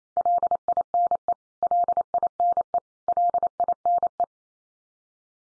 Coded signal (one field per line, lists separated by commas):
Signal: Morse code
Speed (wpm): 28 wpm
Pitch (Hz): 700 Hz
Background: none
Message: LINE LINE LINE